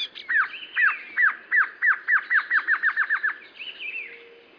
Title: LuckyPassaro Completos2Sama. Glossy Antshrike (Sakesphorus luctuosus araguayae (ssp assumed from location))